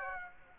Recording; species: mosquito wingbeat signal from an infrared sensor; Aedes aegypti